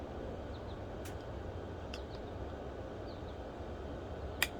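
A plastic wiring connector on a motorcycle dashboard is pushed into its mating plug while the dashboard is being reconnected, with faint ticks at about 1.1 s and 1.9 s over a steady low background hiss. A sharp, loud click at 4.4 s marks the connector seating in place, and there is no talk.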